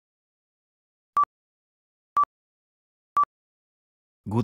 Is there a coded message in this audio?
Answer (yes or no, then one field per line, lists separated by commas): no